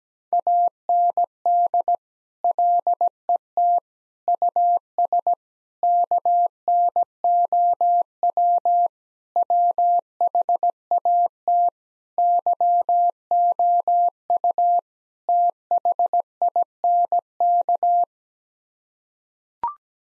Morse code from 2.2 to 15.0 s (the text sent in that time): LET US KNOW WHAT YOU